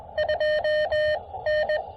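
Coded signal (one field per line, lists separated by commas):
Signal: Morse code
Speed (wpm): 20 wpm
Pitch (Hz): 590 Hz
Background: none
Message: 2 N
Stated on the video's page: QRP portable activation of a state park, short and quick, in the evening.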